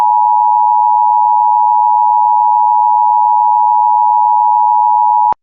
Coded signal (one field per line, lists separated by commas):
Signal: Emergency Alert System (SAME) tones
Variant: 853 and 960 Hz attention tone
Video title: Virginia CODI alert EAS #10 (Possibly an Amber Alert)